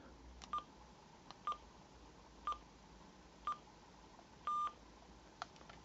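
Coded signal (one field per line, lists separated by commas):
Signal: beep code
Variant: marine VHF DSC radio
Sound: four short high beeps one second apart, then a longer beep and a click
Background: room hiss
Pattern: 4 short, 1 long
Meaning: The distress button is being held before the DSC distress call is sent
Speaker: okay I'll now press a little button here for 3 to 5 seconds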